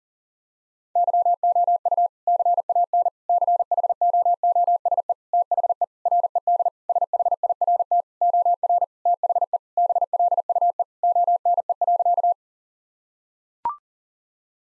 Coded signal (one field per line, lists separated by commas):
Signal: Morse code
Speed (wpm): 40 wpm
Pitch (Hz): 700 Hz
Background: none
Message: YOU CAN CHOOSE THE RED SHIRT OR THE BLUE ONE.